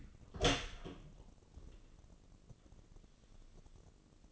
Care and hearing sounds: daily activity, microphone in the room; open door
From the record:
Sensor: 4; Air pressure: 1013.2 hPa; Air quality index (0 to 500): 180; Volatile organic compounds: 2 ppm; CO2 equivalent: 1134 ppm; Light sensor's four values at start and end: 72/176/74/75 and 98/246/101/107

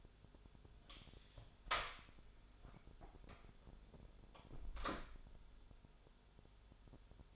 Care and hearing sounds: daily activity, microphone in the room; close door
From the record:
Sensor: 5

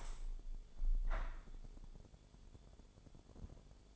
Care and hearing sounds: daily activity, microphone in the room; open window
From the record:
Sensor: 5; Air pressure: 1015.0 hPa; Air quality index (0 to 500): 106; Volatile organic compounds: 2 ppm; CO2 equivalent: 1137 ppm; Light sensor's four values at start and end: 35/81/33/31 and 35/81/33/31

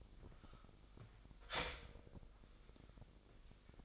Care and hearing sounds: daily activity, microphone in the room; start toaster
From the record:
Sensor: 5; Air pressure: 1002.1 hPa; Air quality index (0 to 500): 207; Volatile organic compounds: 20 ppm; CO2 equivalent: 2680 ppm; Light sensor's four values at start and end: 33/109/41/44 and 33/108/41/44

